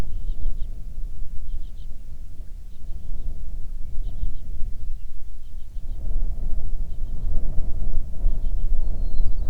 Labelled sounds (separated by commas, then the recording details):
bird, wind
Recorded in the Prudhoe Bay oil fields, Alaska, on 9 June 2019 at 17:00
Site 21